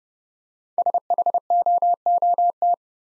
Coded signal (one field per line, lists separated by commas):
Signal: Morse code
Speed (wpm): 29 wpm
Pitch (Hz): 700 Hz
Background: none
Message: SHOOT